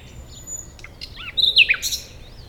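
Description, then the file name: Common nightingale giving a short phrase: soft whistles followed by a few loud, sharp chirped notes. "Luscinia megarhynchos"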